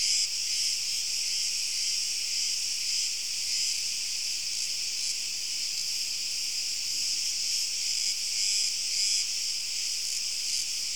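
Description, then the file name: Crickets giving a dense, continuous high-pitched shrill chorus, unbroken throughout. "Grillen"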